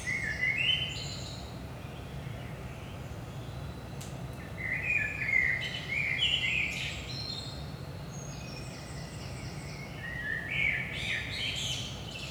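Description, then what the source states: Common blackbird singing rich warbled phrases with high twittering endings, spaced by short pauses, a brief click near four seconds and a steady low hum beneath. Saint-Gilles, Belgium, early morning around 5 am; recorded with DPA 4060 microphones in AB stereo position into a Zoom F3.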